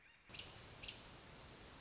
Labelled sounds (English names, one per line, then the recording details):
American Robin
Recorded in Sonoma County, California